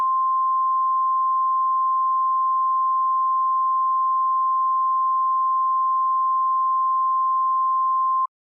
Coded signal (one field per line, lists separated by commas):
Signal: Emergency Alert System (SAME) tones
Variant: 1050 Hz attention tone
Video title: EAS Scenario - The USA's Self-Demise